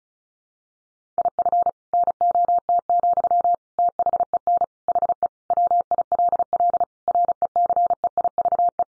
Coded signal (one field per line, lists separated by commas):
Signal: Morse code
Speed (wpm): 34 wpm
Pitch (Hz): 700 Hz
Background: none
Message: IF NOT, THEN HE WILL RECEIVE